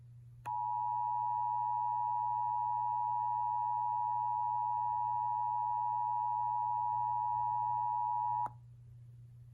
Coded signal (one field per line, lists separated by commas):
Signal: Emergency Alert System (SAME) tones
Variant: 853 and 960 Hz attention tone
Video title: May 2021 Stairway Heavan Incident - the EAS Scenario